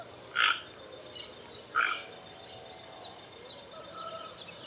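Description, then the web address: Toco toucan giving two loud, rasping croaks about a second and a half apart, with faint high chirps from other birds scattered behind. "Ramphastos toco. صدای-پرنده-توکان-منقاردار"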